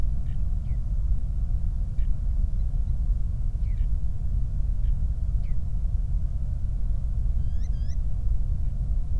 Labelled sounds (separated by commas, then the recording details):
songbird, flare stack
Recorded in the Prudhoe Bay oil fields, Alaska, on 8 July 2019 at 00:01
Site 25